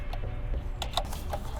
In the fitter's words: okay, and push it in until you hear a click. Beautiful.